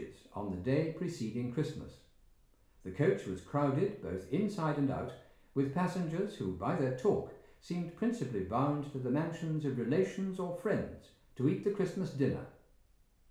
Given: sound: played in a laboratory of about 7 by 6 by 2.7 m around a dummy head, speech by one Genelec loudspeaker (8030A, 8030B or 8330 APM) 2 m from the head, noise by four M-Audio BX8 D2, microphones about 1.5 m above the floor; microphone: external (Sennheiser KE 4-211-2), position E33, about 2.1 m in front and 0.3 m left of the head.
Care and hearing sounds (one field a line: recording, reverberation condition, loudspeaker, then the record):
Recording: male speech in English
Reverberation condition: medium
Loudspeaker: 30 degrees to the left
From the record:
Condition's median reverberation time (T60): about 510 ms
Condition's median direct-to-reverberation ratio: about -0.5 dB